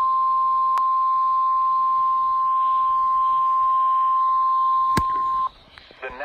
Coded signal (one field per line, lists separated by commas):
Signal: Emergency Alert System (SAME) tones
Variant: 1050 Hz attention tone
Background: speech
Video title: Real EAS Alert #36 Tornado Warning